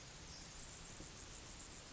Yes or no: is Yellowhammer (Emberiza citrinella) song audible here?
no